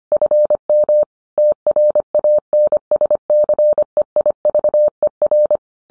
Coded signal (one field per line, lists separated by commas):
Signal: Morse code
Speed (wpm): 25 wpm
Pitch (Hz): 600 Hz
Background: none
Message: FM TRANSCEIVER